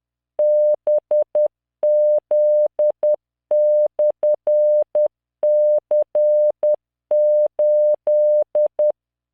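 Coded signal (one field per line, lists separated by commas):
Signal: Morse code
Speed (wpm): 10 wpm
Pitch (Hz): 600 Hz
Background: none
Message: BZ/C8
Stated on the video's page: Morse practice drill of random five-character groups at 10 WPM with a 600 Hz tone and standard three-dot spacing, generated by Learning Morse training software.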